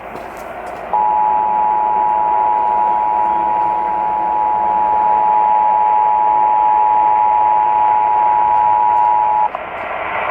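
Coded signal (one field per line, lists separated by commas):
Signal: Emergency Alert System (SAME) tones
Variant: 853 and 960 Hz attention tone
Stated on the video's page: Required monthly tests for Kern and Los Angeles counties, caught live while visiting Palm Desert.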